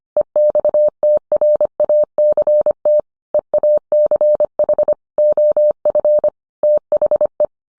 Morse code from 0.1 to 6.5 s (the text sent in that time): EXTRACT EACH OF